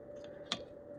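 A new wiper blade is fitted onto a truck's wiper arm. One sharp click sounds at 0.5 s over a steady low background hum, and the blade is seated on the arm.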